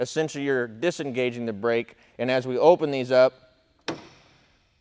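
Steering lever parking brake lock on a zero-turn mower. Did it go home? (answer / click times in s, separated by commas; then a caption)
yes / 3.9 s. On a John Deere Z700 Series zero-turn mower, the steering control levers are opened outward, engaging the parking brake lock integrated into the stick controls. Someone talks, then a single sharp click is heard at 3.9 s as the brake lock seats.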